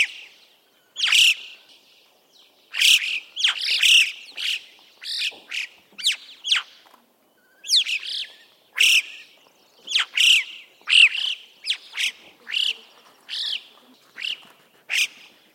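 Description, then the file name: Alpine chough calling: a series of short, shrill chirps and squeaky notes, some sweeping up or down. "chant chocard bec jaune"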